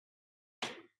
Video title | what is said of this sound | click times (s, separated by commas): McLaren 720S Oil Change DIY + Service Reset (Step-by-Step DiagCode Guide) | And it pops in. | 0.6 s